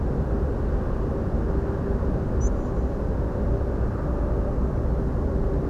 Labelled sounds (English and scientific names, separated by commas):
Spotted Flycatcher (Muscicapa striata)